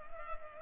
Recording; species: mosquito wingbeat signal from an infrared sensor; Culex pipiens